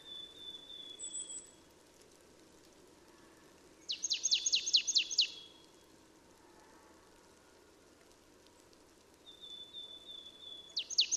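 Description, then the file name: Marsh tit giving thin level whistles and a fast run of high, downslurred notes, repeated after a pause, over a soft steady background hiss. "Poecile palustris"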